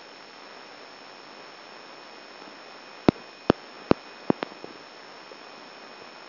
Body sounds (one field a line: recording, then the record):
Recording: brain microelectrode recording played as sound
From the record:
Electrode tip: outside the subthalamic nucleus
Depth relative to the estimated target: 4 mm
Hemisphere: left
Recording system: AlphaMap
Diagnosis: Parkinson's disease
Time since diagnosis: 14 years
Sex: male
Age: 66 years